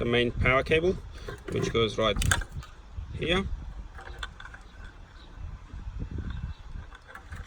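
Someone talks while the plastic main power harness connector is handled and pushed toward the back of a 2019 Kayhan touch screen navigation head unit for a Holden VE Series 1 (Pontiac G8), with a few faint ticks around 4.1 to 4.5 s. The clip ends before the connector goes home; nothing has seated or clicked yet.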